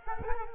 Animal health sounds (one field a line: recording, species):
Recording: mosquito wingbeat signal from an infrared sensor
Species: Culex quinquefasciatus